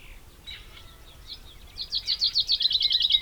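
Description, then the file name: Common chaffinch song starting after faint background chirps, a run of loud, evenly spaced notes, cut off at the end. "Fringilla coelebs"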